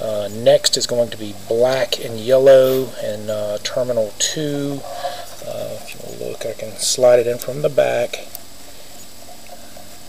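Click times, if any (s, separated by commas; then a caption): none. Someone talks while handling the crimped terminal 2 on the black and yellow wire, about to slide it from the back into the plastic connector housing of a Tiguan tail light during a wiring repair. Speech fills most of the clip over a steady low background. Nothing has seated or clicked yet.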